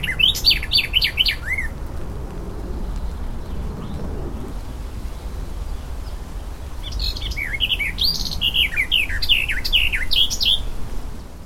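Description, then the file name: Garden warbler song, two bursts of fast, varied warbling notes, the first near the start and the second after a pause of about five seconds, over a steady low rumble. Recorded at Ile Saint Germain on 10 May 2014. "Fauvette des jardins Ile Saint Germain 10-05-2014"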